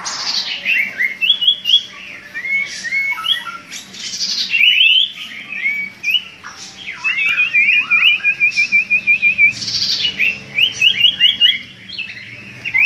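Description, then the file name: Common iora song: varied chirps and whistles, then a long even trill of rapid notes, followed by more scattered bright phrases. Song used as a lure (pancingan) for bird catching; local name cipo. "siulan cipo untuk pancingan"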